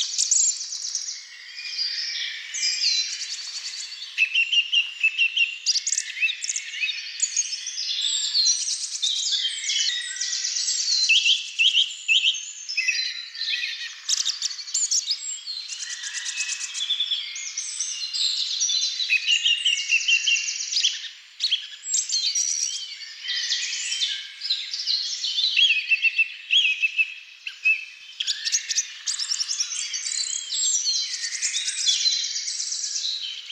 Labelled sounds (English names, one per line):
Song Thrush song